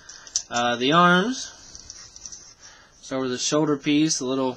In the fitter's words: kind of wiggle get everything in there it kind of snaps in